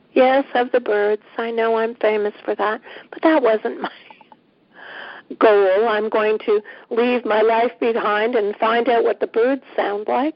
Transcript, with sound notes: yes, of the birds; I know I’m famous for that. But that wasn’t my [laughs] goal: “I’m going to leave my life behind and find out what the birds sound like”…